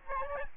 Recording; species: mosquito wingbeat signal from an infrared sensor; Aedes albopictus